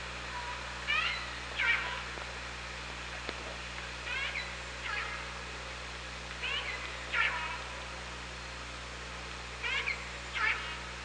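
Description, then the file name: Orca pulsed calls, harmonic and upswept, coming in close pairs every few seconds over steady hiss and low hum. Recorded on the OrcaLab hydrophone, 24 August 2017 at 17:20. "Orca Lab UTLN 20170824 172058"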